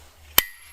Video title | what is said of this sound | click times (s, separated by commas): Solo Winter Hot Tent Camping and Ice Fishing | Snaps into place like this. | 0.4 s